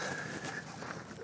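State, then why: Seated. A plastic lower headlight housing on a 1999–2004 Ford Super Duty F250/F350 truck is lined up with its mounting holes and pushed into the truck front end. Over a steady outdoor background, it snaps into place with a short click at 0.9 s and is seated.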